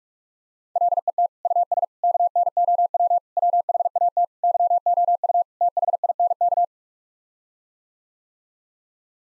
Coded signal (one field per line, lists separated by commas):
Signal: Morse code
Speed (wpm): 46 wpm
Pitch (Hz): 700 Hz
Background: none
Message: LET US KNOW WHAT YOU THINK